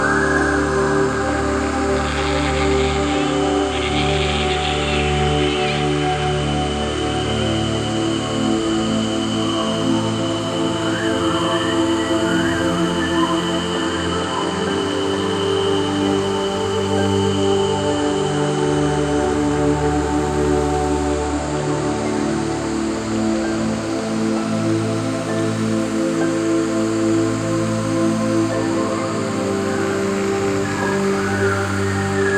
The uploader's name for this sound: Echoey Jungle Night